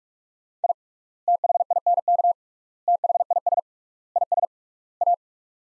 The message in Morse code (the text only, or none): I THINK THIS IS A